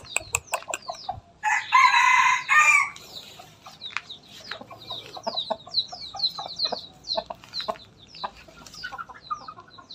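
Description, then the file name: Chicken crowing, one harsh drawn-out crow of about a second and a half, amid many short chirping bird calls and scattered clucks. Bangkok rooster crowing. "suara ayam bangkok berkokok"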